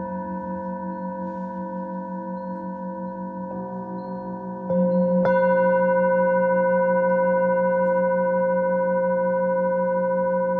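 Singing bowls hum with steady, shimmering ringing tones, a gentle pulsing beat underneath, growing louder when new strikes layer in around five seconds.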